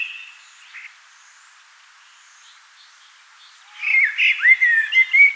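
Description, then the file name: Common blackbird song: after a quiet stretch, a mellow warbled phrase of whistled notes sliding up and down. "Turdus merula"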